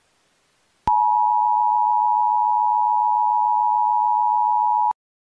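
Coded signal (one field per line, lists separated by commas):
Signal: Emergency Alert System (SAME) tones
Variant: 853 and 960 Hz attention tone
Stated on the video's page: Fake Emergency Alert System alert made for entertainment, not a real broadcast.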